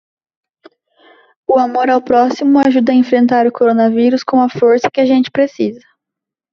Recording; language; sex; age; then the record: spoken sentence; Brazilian Portuguese; female; 20 to 29 years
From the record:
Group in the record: control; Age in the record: 23 years